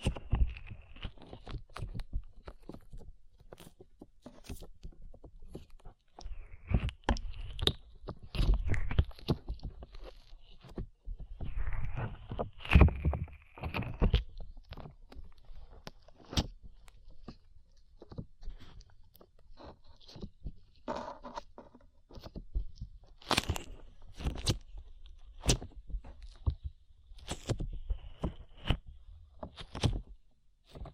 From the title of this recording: ASMR SLIME IN YOUR EARS